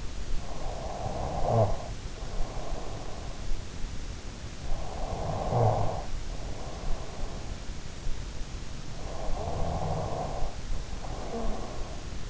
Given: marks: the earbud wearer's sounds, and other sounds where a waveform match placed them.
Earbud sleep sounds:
sounds in sleep by an in-ear microphone; snoring breath
0.00-2.94 s: snoring breath
1.91-2.84 s: sound from someone else or the room
4.28-7.19 s: snoring breath
9.01-12.30 s: snoring breath

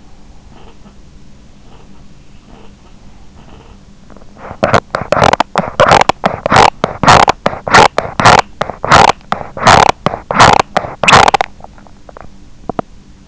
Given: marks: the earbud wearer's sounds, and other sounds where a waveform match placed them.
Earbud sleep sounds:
sounds in sleep by an in-ear microphone; teeth grinding
0.00-3.75 s: sound from someone else or the room
4.08-13.27 s: teeth grinding

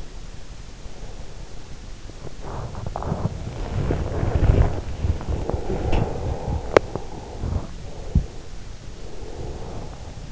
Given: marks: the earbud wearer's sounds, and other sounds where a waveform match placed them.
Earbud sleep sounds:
sounds in sleep by an in-ear microphone; breath, body movement
0.00-1.91 s: breath
2.02-8.81 s: body movement
5.37-7.50 s: breath
8.81-10.32 s: breath

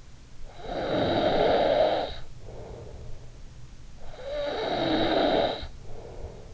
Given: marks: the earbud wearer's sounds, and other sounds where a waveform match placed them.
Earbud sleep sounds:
sounds in sleep by an in-ear microphone; snoring breath
0.18-3.47 s: snoring breath
3.90-6.54 s: snoring breath

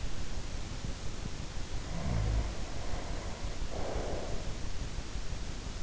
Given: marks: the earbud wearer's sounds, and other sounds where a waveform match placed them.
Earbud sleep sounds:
sounds in sleep by an in-ear microphone; snoring breath
1.75-4.51 s: snoring breath

